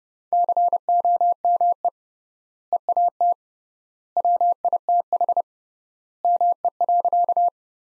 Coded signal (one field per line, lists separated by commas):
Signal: Morse code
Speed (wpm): 32 wpm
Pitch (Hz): 700 Hz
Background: none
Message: COME EAT WITH ME.